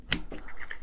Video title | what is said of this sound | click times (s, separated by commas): Black Bear Custom Kydex: Knife Sheaths, Systems - Mora, TOPS, ESEE, and More | so you can take that out and then it clicks in here as you heard | 0.1 s